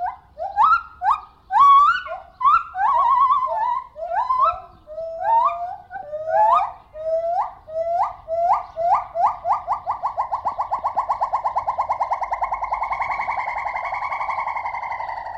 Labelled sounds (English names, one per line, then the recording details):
Silvery Javan Gibbon
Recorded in captivity
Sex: diverse
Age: adult
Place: Zoo Rostock, Mecklenburg-Vorpommern, DE
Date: 1970-06-03 13:53
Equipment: Uher 4200 Report Stereo, Sennheiser MD 421
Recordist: Tembrock, Günter